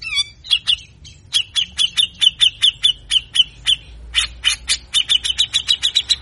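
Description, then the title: Grey-cheeked bulbul giving a harsh, rapid chattering run of sharp repeated notes, several per second, pausing briefly then continuing. Masteran training recording of a grey-cheeked bulbul singing harsh besetan (besetan kasar), long duration, used as a lure and to stimulate birds reluctant to sing. "MASTERAN CUCAK JENGGOT GACOR FULL BESETAN KASAR DURASI PANJANG !!!. Cucak Jenggot Gacor Ngotot Ampuh Pikat Suara Cucak Jenggot Malas Bunyi"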